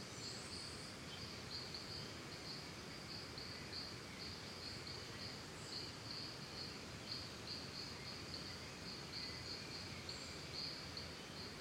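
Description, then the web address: Cricket chirps in a steady high pulsing band throughout, over a soft broad hiss of forest ambience. Calm forest and jungle ambience, Costa Rica. "Big Room Sound Birds Crickets Costa Rica Calm 2"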